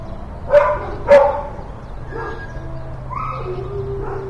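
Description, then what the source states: Dogs barking, two sharp barks early on followed by softer yelps and whines over a steady low background hum. Dogs in kennels, kennel ambience, stereo recording.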